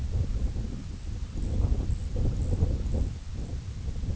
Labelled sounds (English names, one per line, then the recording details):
White-rumped Sandpiper
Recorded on Arctic tundra, site IGLO-A, on 21 June 2018
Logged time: 15:59